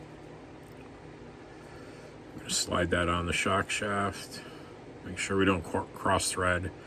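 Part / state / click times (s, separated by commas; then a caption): bottom cap onto RC shock body / not seated / none. A plastic bottom cap for an RC oil shock on a Tamiya TT-02 is slid over the shock shaft before being threaded onto the shock body. Someone talks from about 2.5 s over a steady low background noise, with no distinct handling sounds. Nothing has seated or clicked yet.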